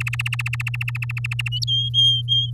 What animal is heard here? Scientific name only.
Serinus canaria